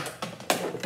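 A pottery bat is clicked down onto the pottery wheel head's locating pins and then popped back off, released. A few light ticks are heard, with the loudest sharp pop at 0.5 s as the bat comes off its pins.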